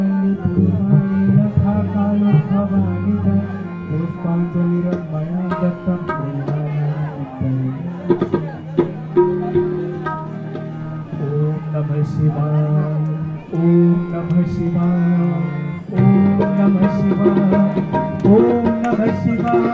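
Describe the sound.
A teeming street crowded with people, rickshaws and vehicles keeps up a dense, unbroken din. Overlapping voices sit over low droning engine tones and held horn-like notes, with frequent sharp clicks and knocks; a short lull near 15 seconds gives way to renewed noise.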